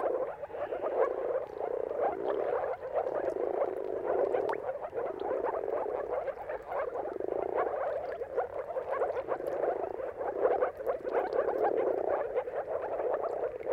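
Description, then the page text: Moor frogs calling together, a steady carpet of soft, watery gurgling notes that rises and dips in loudness throughout. Chorus of moor frogs giving mating calls at sunrise, turn of March and April, timing depending on the weather. "Jakub-Orzecki moor frogs. Dawn’s Chorus: Mating Calls of Marsh Frogs at Sunrise. Depending on the weather at the turn of March and April, you can witness an amazing spectacle of moor frogs"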